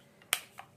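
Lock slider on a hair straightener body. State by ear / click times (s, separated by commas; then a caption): seated / 0.3 s. The lock slider on the body of an IKONIC Diva hair straightener is slid down, locking the plastic plates closed. It gives one sharp, bright click at 0.3 s, with a faint tick just before and a softer second tick at about 0.6 s. The straightener is locked.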